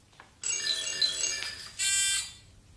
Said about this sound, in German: Es klingelt an der Tür, o Gesetzgeber des Weltalls. Weiß ich selbst, ich meine wer?